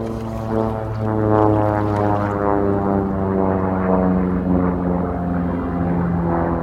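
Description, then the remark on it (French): A combat aircraft's propeller engine drones loudly and steadily as it approaches, a deep layered hum of stacked tones that holds for several seconds with no voices over it. “L'avion combat se rapproche.”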